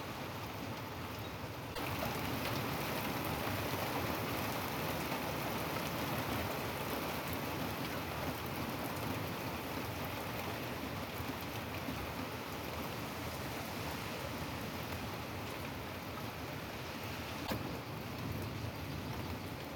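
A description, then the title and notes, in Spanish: A storm: steady, dense rain hiss fills the whole clip, a dull low rumble running underneath. The sound starts slightly thinner, then swells fuller and louder just before the two-second mark and stays even after that, with faint scattered drips and taps throughout. Tormenta. Lluvia.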